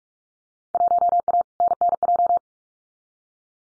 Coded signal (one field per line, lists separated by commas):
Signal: Morse code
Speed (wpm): 44 wpm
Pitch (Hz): 700 Hz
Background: none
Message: 1A NNJ